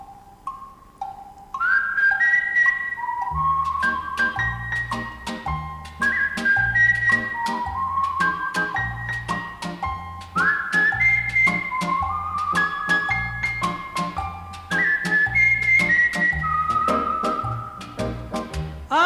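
A clear, high whistled melody glides through rising and falling phrases over a steady rhythmic accompaniment with a pulsing bass, no voices, the whistle bright and prominent throughout.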